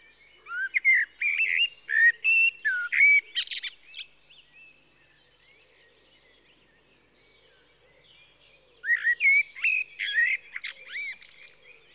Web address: BBC Sound Effects Library. Blackbird (Turdus Merula)